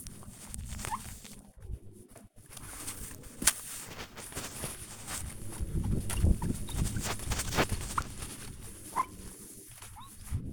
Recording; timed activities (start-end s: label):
household activities, microphone on the right wrist
0.00-10.53 s: window cleaning